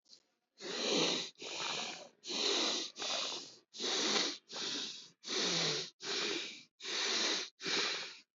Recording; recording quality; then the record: shallow breathing; excellent, no background noise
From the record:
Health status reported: healthy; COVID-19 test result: not tested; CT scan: not taken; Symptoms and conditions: none ticked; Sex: male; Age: 32 years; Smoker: no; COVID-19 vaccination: both doses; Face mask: not worn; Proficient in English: yes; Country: India